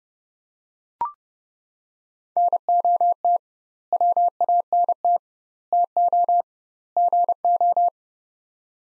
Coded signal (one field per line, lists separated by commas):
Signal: Morse code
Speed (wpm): 30 wpm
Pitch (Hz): 700 Hz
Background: none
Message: NOT WANT TO GO